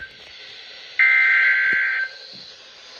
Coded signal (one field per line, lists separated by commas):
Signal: Emergency Alert System (SAME) tones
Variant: header bursts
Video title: EAS Alerts From 7/11/25: A Compilation (EAS 901-908)